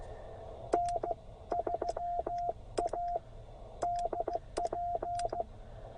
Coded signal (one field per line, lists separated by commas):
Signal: Morse code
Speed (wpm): 14 wpm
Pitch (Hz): 690 Hz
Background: radio noise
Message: N3ADP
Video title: A few QRP rigs just because. KX1, KX2, KX3, and Penntek TR45L